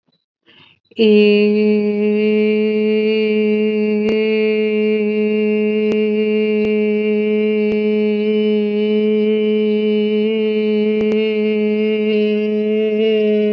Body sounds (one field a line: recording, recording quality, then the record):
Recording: sustained vowel as in made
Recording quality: excellent, no background noise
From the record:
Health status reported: COVID-19 positive, no symptoms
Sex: female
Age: 24 years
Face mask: not worn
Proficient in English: yes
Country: India